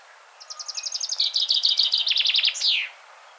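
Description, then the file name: Common chaffinch singing one complete phrase, a run of quick chipping notes descending in steps and closing with a falling flourish. "Fringilla coelebs"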